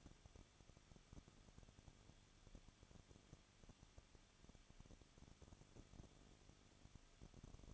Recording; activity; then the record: daily activity, microphone in the room; no activity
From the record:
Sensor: 4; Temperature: 23.0 degrees Celsius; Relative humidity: 34.4%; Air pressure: 1007.3 hPa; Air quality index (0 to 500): 216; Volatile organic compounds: 15 ppm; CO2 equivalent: 2508 ppm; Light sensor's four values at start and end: 2/3/1/1 and 2/3/1/1